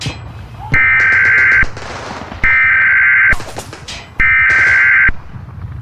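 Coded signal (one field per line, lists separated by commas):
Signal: Emergency Alert System (SAME) tones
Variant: header bursts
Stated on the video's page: Fictional EAS alert tones from a war scenario.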